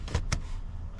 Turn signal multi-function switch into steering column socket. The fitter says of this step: said if you push in on it and it clicks in like that